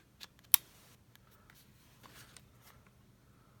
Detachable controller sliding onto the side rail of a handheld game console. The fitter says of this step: you can get that satisfying click for you folks there